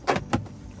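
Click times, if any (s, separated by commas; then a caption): 0.3 s. Someone, working one-handed, lines up the edge of a magnetic roof sunshade panel on a Tesla Model 3/Y and presses it against the car's metal roof frame. After a brief broadband burst near 0.1 s, the panel snaps onto the magnet with a sharp click at 0.3 s. It is seated in place.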